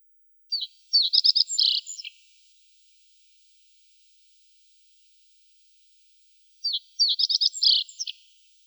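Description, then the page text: Pine bunting song: two matching phrases six seconds apart, each a few high chips leading into a fast, dry, ticking trill. "Звук Белошапочная овсянка поет трели"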